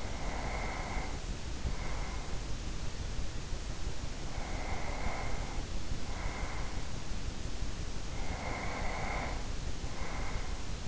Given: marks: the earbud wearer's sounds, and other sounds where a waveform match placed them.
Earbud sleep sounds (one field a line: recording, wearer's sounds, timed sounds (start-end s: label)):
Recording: sounds in sleep by an in-ear microphone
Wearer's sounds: breath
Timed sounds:
0.00-2.47 s: breath
4.26-6.99 s: breath
8.22-10.88 s: breath